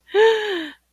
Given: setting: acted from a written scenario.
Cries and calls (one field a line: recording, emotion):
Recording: vocal sound without words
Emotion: fear